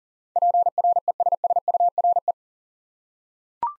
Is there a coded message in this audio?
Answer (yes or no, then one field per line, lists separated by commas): yes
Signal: Morse code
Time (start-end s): 0.4-2.3 s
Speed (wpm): 40 wpm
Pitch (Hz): 700 Hz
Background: none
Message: PRESSURE